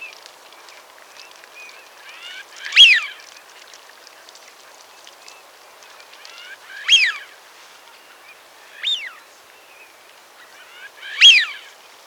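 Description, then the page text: Eurasian Wigeon whistles, four loud whee-oo calls spaced roughly every two to four seconds, with softer calls in the background throughout. "Eurasian Wigeon Calls. Quick Sounds"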